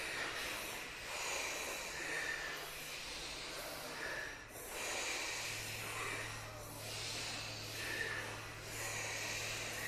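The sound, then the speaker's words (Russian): Forceful breaths pushed through the nose in a steady rhythm, each one a loud, hissing rush of air repeating about every second or two, with a low hum underneath and no talking. “Мотни вдох, выдох. Мощнее вдох.”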